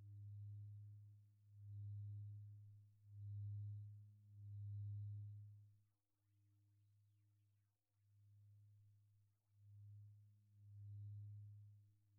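Antique Tibetan singing bowls hum with a deep, steady low tone that swells and fades in slow pulses roughly every one and a half seconds. A quieter, even stretch sits in the middle before the rhythmic swelling returns, with faint higher ringing tones above.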